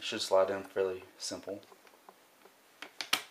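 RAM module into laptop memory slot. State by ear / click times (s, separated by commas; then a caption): seated / 3.0 s, 3.1 s. Someone talks while a second DDR3 SODIMM memory stick is slid at an angle into the memory slot of an Apple MacBook Pro, followed by a few faint ticks as it is pressed down. The module is pressed until the side retaining clips snap over it, giving two sharp clicks at 3.0 and 3.1 seconds as it seats.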